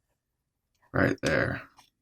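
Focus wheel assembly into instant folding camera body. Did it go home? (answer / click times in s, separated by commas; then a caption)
no / none. Someone talks while handling the focus wheel assembly of a Polaroid SX-70 instant folding camera, having pulled the focus wheel forward to push the front lens/focus assembly back into the body. Faint handling sounds come before and after the speech, and nothing has seated or clicked yet.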